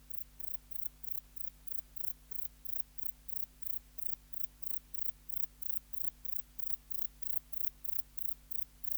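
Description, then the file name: Grey bush-cricket song of steady, high buzzy chirps in an even series, over a low hum. "Platycleis albopunctata"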